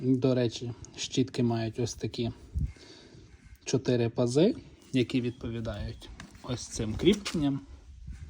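A side brush with four slots is handled next to the matching mounting lugs on a Kärcher S 4 Twin 2 in 1 push sweeper while someone talks throughout. Nothing has seated or clicked onto the mount yet.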